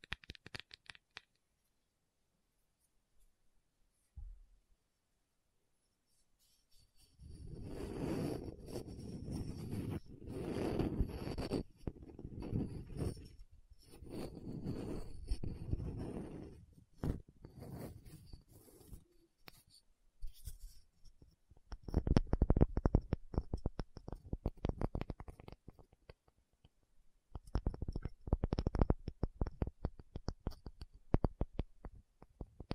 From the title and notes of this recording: Tapping Session (No Talking).